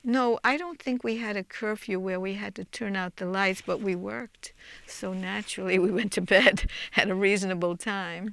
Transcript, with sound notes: No, I don't think we had a curfew where we had to turn out the light but we worked, so naturally (she laughs) we went to bed at a reasonable time.